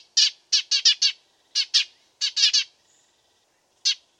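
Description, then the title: Dead Sea sparrow giving harsh chirps in short bursts of one to four, then a lone note after a pause; background otherwise quiet. Tutor track for training songbirds (masteran). "burung gereja dead sea masteran"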